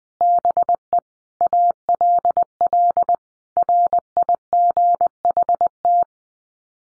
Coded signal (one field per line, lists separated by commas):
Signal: Morse code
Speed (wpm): 20 wpm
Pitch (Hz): 700 Hz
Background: none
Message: BE ALL RIGHT